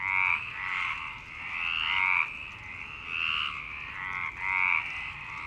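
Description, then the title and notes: Frogs croaking in a chorus, rasping pulsed croaks overlapping continuously with a few louder bursts. Frogs in Parc Longchamp, Marseille, Provence-Alpes-Côte d'Azur, France, 26 March 2011, 19:35; recorded with a MixPre-6 and Basic Ucho. "Marseille, Provence-Alpes-Côte d'Azur, France - 26_03_11_19_35 Longchamps_004 grenouilles. Grenouilles au parc de Longchamp"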